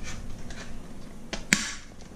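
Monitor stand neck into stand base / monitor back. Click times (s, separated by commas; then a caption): 1.5 s. The neck of a Lenovo L27Q30 27-inch monitor stand is pushed by hand, without tools, onto its plastic clips on the stand base and monitor back. A softer knock comes at 1.3 s, then a sharp snap at 1.5 s as the piece seats into place. No one talks during the clip.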